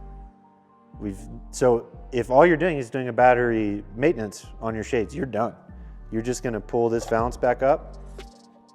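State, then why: Not seated. During battery maintenance on a Lutron Triathlon or Palladiom wireless shade, with the batteries already installed, the battery compartment cover is about to be swung back up into the shade headrail while someone talks over faint background music. The cover has not latched into place yet; nothing has seated or clicked.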